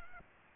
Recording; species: mosquito wingbeat signal from an infrared sensor; Aedes aegypti